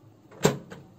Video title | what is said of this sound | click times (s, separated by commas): BUKA LACI TOKO PAKAI SIDIK JARI | Untuk menguncinya cukup ditekan gini aja sampai bunyi klik. | 0.7 s